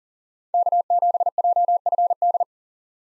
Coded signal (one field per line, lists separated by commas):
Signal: Morse code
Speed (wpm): 40 wpm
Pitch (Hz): 700 Hz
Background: none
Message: K7JFD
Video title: 2023 SOTA Chaser Call Signs - 40wpm